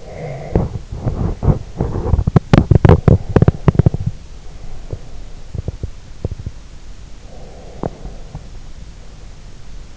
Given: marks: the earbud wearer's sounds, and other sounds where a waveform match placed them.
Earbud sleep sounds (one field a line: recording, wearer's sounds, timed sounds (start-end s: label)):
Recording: sounds in sleep by an in-ear microphone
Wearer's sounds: breath, teeth grinding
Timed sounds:
0.00-1.78 s: breath
0.15-4.15 s: teeth grinding
2.69-5.45 s: breath
5.45-6.62 s: teeth grinding
7.30-9.22 s: breath